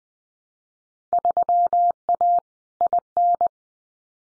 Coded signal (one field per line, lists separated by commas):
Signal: Morse code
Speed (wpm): 19 wpm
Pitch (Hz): 700 Hz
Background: none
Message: 3A IN